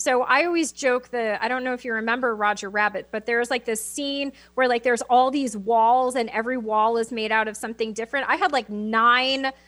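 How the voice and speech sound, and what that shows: A woman speaks fluently and conversationally with clear voicing and normal rate; ordinary speech.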